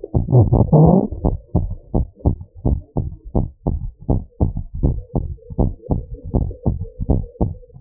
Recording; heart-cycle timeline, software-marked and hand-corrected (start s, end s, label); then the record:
heart sounds
0.00	1.95	noise
1.95	2.05	S1
2.05	2.25	systole
2.25	2.35	S2
2.35	2.65	diastole
2.65	2.79	S1
2.79	3.03	systole
3.03	3.11	S2
3.11	3.35	diastole
3.35	3.47	S1
3.47	3.73	systole
3.73	3.83	S2
3.83	4.09	diastole
4.09	4.21	S1
4.21	4.41	systole
4.41	4.53	S2
4.53	4.81	diastole
4.81	4.95	S1
4.95	5.21	systole
5.21	5.31	S2
5.31	5.59	diastole
5.59	5.71	S1
5.71	5.97	systole
5.97	6.07	S2
6.07	6.35	diastole
6.35	6.49	S1
6.49	6.67	systole
6.67	6.79	S2
6.79	7.09	diastole
7.09	7.23	S1
7.23	7.47	systole
7.47	7.55	S2
7.55	7.81	diastole
From the record:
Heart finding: abnormal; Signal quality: good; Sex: male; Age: 61 years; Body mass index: 29.4